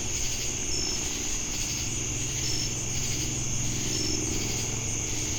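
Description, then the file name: Crickets with cicadas giving an unbroken shrill drone, three clipped high pulses spaced evenly throughout, steady low-frequency hum beneath. Crickets heard together with cicadas at Jamestown, North Carolina, on 10 August 2018. "Crickets And Sacadas Jamestown NC August-10-2018"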